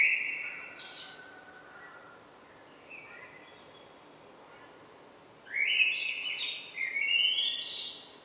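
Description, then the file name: Common blackbird delivering fluted warbling phrases with high squeaky flourishes, a soft brief note in the middle, and a longer rich phrase toward the end. "Turdus merula"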